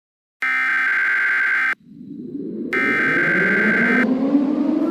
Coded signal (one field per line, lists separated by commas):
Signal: Emergency Alert System (SAME) tones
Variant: header bursts